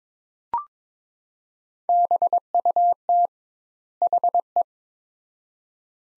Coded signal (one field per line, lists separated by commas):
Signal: Morse code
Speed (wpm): 21 wpm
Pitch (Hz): 700 Hz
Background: none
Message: BUT HE